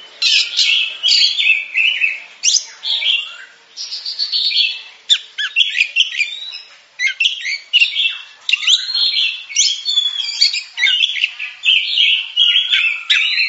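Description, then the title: Oriental magpie-robin pouring out a busy song of whistled notes, harsh chatters and quick trills, phrase after phrase with only short gaps. Champion songbird. "Kicau Burung Kacer Juara"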